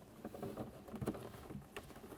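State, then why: Not seated. A new ambient light sensor for a 2006–2012 Ford Fusion is slid down into its opening in the top of the plastic dashboard, making soft rubbing and pattering handling noises with brief light ticks near 0.4, 1.1 and 1.8 seconds. The sensor has not seated or clicked into place yet.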